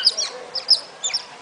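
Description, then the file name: Otter giving sharp, high-pitched chirps in three quick bursts, each a pair of squeaky notes, over a faint hiss. "Sonido de Nutrias"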